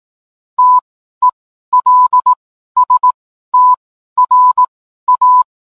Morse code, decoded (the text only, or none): TELSTRA